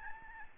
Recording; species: mosquito wingbeat signal from an infrared sensor; Aedes albopictus